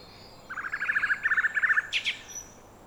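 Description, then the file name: Common blackbird giving a quick rhythmic string of short bright notes lasting just over a second, ending with two sharp higher chips. "Turdus merula"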